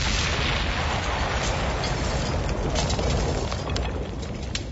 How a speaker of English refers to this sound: Why is there glass breaking there? Like, what happened? They're just because we've lobbed a race grenade into the conversation, and all of a sudden all you're going to get is shards and shrapnel?